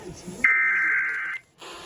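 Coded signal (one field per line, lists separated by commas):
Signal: Emergency Alert System (SAME) tones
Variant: header bursts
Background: speech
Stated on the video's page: Real Tornado Warning EAS alert received on FM station WIIL 95.1 Union Grove, WI.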